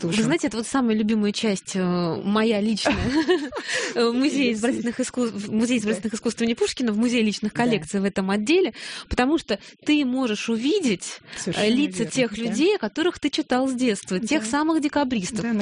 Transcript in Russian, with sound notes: Давайте, это самая любимая часть моя лично (смеется) в музее Изобразительных искусств имени Пушкина, в музее личных коллекций в этом отделе, потому что ты можешь увидеть лица тех людей, о которых ты читал с детства, тех самых декабристов.